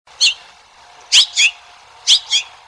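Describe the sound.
Eurasian jay giving harsh, raspy chirps: one single note, then two quick pairs of scratchy calls about a second apart, over a faint steady hiss.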